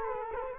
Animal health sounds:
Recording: mosquito wingbeat signal from an infrared sensor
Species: Culex quinquefasciatus

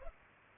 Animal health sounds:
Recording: mosquito wingbeat signal from an infrared sensor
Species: Culex pipiens

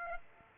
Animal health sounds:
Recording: mosquito wingbeat signal from an infrared sensor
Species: Aedes aegypti

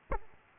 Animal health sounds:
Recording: mosquito wingbeat signal from an infrared sensor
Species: Aedes aegypti

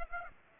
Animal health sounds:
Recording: mosquito wingbeat signal from an infrared sensor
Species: Aedes aegypti

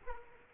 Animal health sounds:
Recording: mosquito wingbeat signal from an infrared sensor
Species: Culex quinquefasciatus

